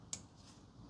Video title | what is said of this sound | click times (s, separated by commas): Valve Cover Gasket Replacement Audi A4 1.8T Quattro (B6, AMB) | You hear that click? | 0.1 s